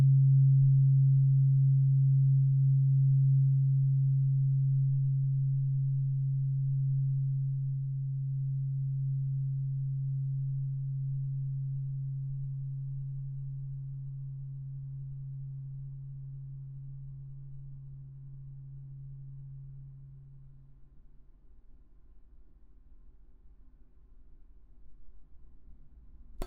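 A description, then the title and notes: A struck tuning fork rings a single steady low hum that slowly fades over about twenty seconds, leaving near silence and a faint click at the end. ASMR×KU100. (OM136.1HZ&4096HZ) | Tuning Fork | NO Talking.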